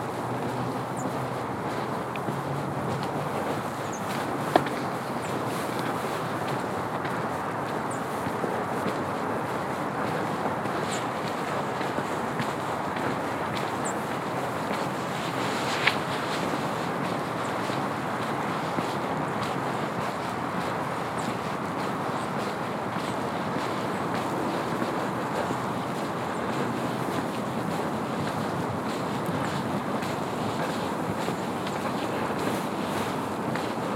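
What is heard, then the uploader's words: A steady, dense hush of wind and distant traffic fills a snowy shoreline trail walk, with faint soft ticks near 4 and 16 seconds. Falling Snow on the Shoreline Trail (Sandy Hansen Shoreline Orange Trail, Millennium Park). The quietness of snow while passing a few animals, hikers, and cars along the Sandy Hansen Shoreline Orange Trail.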